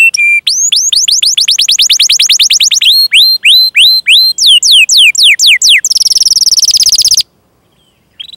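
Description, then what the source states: Canary song: rapid whistled notes repeated several times a second, then slower swept phrases, a buzzy trill, then silence with a brief final note. Gacor (vigorously singing) canary song with the finest cengkok (song phrasing) and richest isian (song fill), for bird-song training.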